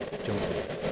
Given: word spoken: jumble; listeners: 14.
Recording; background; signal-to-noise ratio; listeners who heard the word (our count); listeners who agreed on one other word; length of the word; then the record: one English word in noise, from a listening test; noise modulated by three-talker babble; -3.6 dB; 1 of 14; 6 of 14; 0.52 s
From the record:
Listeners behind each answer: 6, 2, 1, 1, 1, 1, 1, 1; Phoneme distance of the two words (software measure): 20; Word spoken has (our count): 2 syllables, 5 phonemes, stress on syllable 1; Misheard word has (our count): 2 syllables, 5 phonemes, stress on syllable 1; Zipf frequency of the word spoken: 3.38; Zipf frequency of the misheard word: 4.38